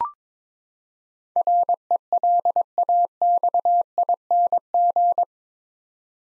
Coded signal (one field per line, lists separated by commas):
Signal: Morse code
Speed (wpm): 23 wpm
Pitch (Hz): 700 Hz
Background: none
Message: RELAXING